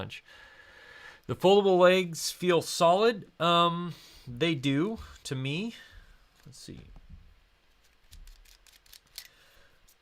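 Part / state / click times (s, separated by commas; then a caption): foldable mounting fingers into action camera body / seated / 9.2 s. Someone talks, then folds the built-in foldable mounting fingers of a GoPro Hero 8 action camera into their recesses in its plastic body, with faint small ticks from about 8.1 s. The fingers snap into place with a sharp little click at 9.2 s, seating firmly.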